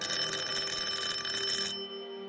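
A telephone rings behind an upstairs front door in a 1970s three-storey house, heard from the stairwell at night, in a continuous bright, metallic rattle for nearly two seconds, then cuts off, leaving a faint lingering tone. No one speaks.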